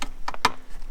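A plastic wiring harness connector on a 2005–2010 Scion tC is plugged back into the console harness while the center console is reassembled during a Megan short throw shifter install. A few light plastic ticks are followed by a sharp, bright click at 0.5 s as the connector seats, then one more tap near the end.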